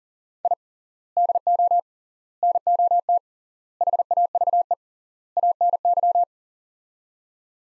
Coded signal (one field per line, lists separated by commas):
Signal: Morse code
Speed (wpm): 40 wpm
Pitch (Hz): 700 Hz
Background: none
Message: I DO NOT HAVE ANY